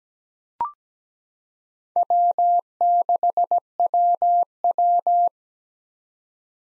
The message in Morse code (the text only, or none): W6WW